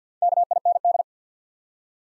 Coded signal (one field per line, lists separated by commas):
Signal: Morse code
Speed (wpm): 50 wpm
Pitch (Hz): 700 Hz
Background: none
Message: KIND